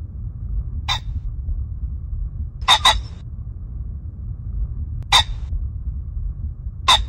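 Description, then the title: Common Pheasant giving harsh, explosive rasping calls, single and doubled bursts spaced a few seconds apart over a low steady rumble. Bird at Baiyangdian, locally called the 'seven-colored mountain chicken'. "家住白洋淀——我的观鸟笔记 “七彩山鸡”环颈雉"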